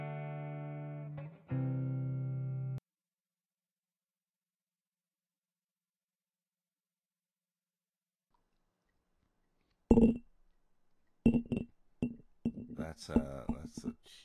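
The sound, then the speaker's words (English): After a steady electronic tone and a long silence, glasses clink together in a toast with a sharp, ringing strike, followed by a scatter of quicker knocks and clinks. “That's a cheers.”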